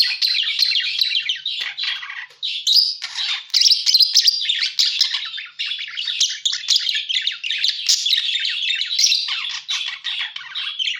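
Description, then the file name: Parakeet chatter, a dense stream of chirps and squawky notes around high pitch, nearly continuous with brief dips in loudness. Lure sound used for catching birds. "pancingan suara burung parkit"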